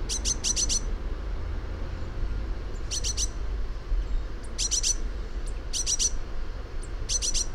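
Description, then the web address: Eurasian blue tit calls: rapid runs of very high, sharp notes in several bursts, with steady low background noise. "fugl b-mejse"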